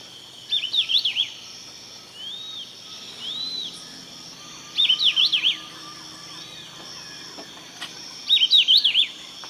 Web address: Natures Songs S America Eastern Lowlands. Hylophilus hypoxanthus, song